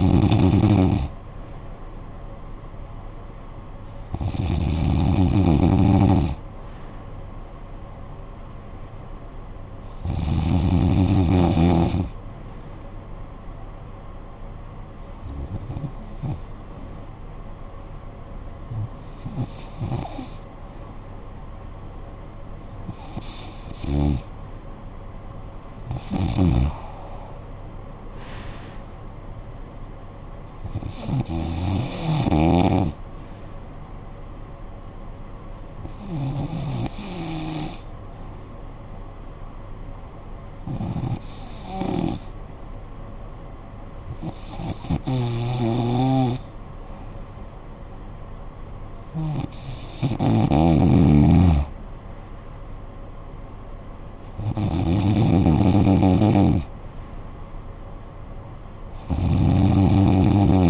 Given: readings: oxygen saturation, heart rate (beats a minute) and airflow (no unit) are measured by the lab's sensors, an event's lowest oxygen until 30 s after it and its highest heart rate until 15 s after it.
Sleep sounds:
breathing in sleep by a smartphone at the bedside; 2
8.00-23.50 s: hypopnea (N2, oxygen 95% highest, then 93% lowest, heart rate 56 at the start, 65 highest)
35.00-52.90 s: hypopnea (N2, oxygen 94% highest, then 90% lowest, heart rate 59 at the start, 63 highest)
From the record:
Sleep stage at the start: N2 (light sleep); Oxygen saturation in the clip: 90 to 95%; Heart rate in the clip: 52 to 69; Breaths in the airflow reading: 13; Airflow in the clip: -11.3 to 9.1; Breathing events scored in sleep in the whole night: 445 in 7.6 hours asleep

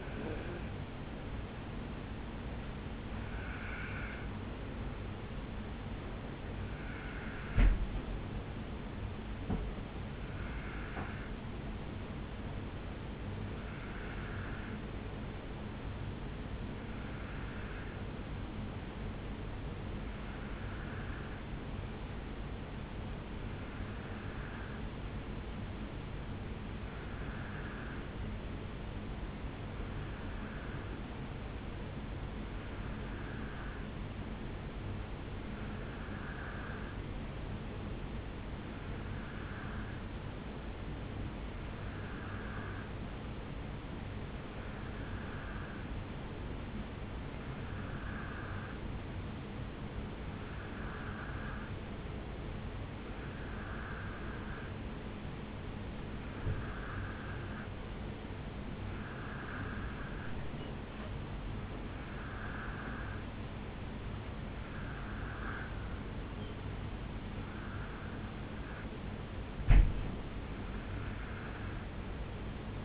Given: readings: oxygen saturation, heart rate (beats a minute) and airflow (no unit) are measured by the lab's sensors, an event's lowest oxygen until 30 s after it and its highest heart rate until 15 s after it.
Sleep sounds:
breathing in sleep by a voice recorder at the bedside; 1
2.00-32.00 s: new sleep stage, N1 (lightest sleep)
15.00-65.80 s: hypopnea (N1, oxygen 95% highest, then 91% lowest, heart rate 56 at the start, 70 highest)
32.00-72.85 s: new sleep stage, N2 (light sleep)
From the record:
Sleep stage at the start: N2 (light sleep); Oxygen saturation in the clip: 90 to 95%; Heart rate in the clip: 56 to 70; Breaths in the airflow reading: 24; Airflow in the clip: -4.4 to 4.2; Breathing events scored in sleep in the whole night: 449 in 7.0 hours asleep

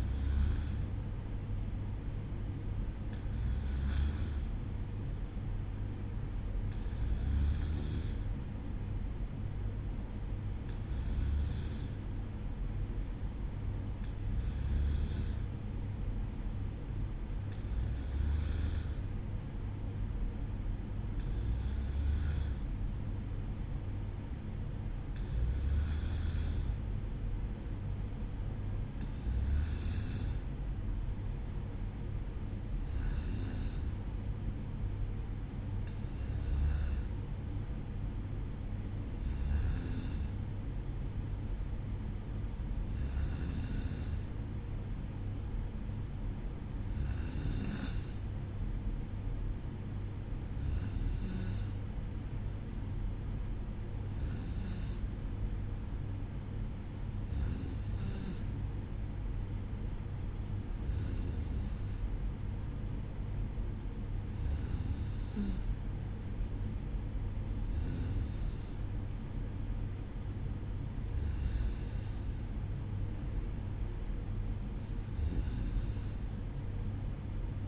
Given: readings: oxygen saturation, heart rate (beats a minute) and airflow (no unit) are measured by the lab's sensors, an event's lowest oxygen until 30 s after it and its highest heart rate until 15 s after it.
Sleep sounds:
breathing in sleep by a smartphone at the bedside; none
none scored
From the record:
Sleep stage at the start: N2 (light sleep); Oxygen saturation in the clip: 94%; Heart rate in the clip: 54 to 58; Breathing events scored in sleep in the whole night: 305 in 9.6 hours asleep

